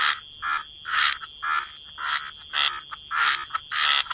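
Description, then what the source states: Frogs giving rasping croaks about twice per second over a steady thin high hum. Frog chorus.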